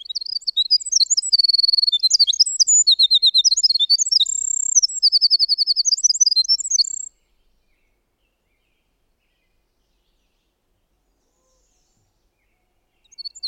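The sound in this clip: Winter wren song: a long, rapid tumbling stream of high, tinkling notes and buzzy trills lasting about seven seconds, then silence before a few notes return at the end.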